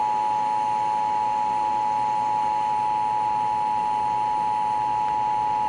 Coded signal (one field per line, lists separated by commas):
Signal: Emergency Alert System (SAME) tones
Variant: 853 and 960 Hz attention tone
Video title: EAS Child Abduction Emergency for Wisconsin - April 4, 2026 9:45 AM